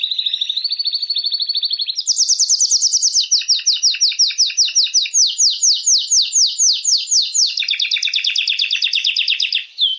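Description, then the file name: Canary song: a steady whistled trill shifting into a long series of rapid, loud descending notes, changing pace toward the close. Belgian mosaic canary. "canto do canario belga mosaico"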